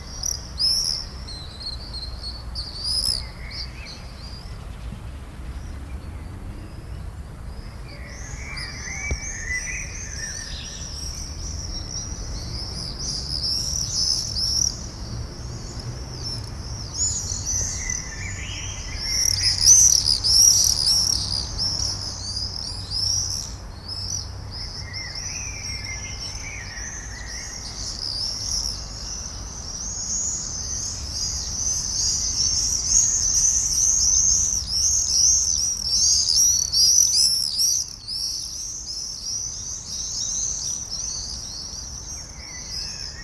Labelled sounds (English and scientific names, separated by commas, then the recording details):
Common Swift (Apus apus) flight call
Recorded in the wild
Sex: group
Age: adult
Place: Mörchinger Straße, Berlin, DE
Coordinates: 52.4381, 13.2733
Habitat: urban area
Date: 1996-07-20 21:10
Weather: fair, 18-19°C
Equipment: Sony MD-WM MZ-R3, Sennheiser MKH 416 T, Kopie Uher 4000 Report Monitor
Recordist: Tembrock, Günter